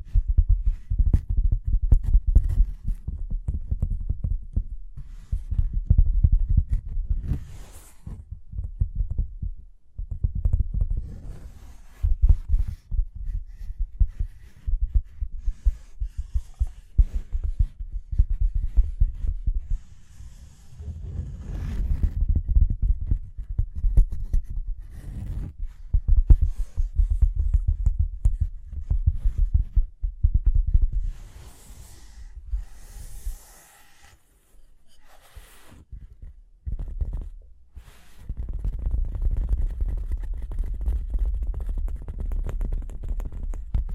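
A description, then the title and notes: Tapping and scratching sounds, mostly dull and low, with soft thudding hits that come in uneven bursts throughout. Brighter scratchy strokes flare up now and then, especially around the half-minute mark, with brief quieter gaps between runs of activity. Tapping and Scratching (No Talking).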